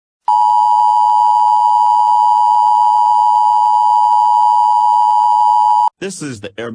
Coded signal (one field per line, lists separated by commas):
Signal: Emergency Alert System (SAME) tones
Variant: 853 and 960 Hz attention tone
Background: speech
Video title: The Emergency Alert System takes a flight. The luggage is death